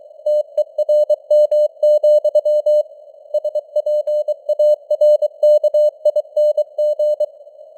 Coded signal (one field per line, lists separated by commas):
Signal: Morse code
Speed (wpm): 23 wpm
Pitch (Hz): 600 Hz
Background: none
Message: TERM, SPARKING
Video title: Morse Code News | 2025-10-28 | 23wpm